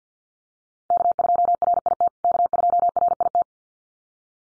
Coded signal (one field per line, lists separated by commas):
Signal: Morse code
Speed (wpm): 50 wpm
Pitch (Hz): 700 Hz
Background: none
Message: K2RIT K2RIT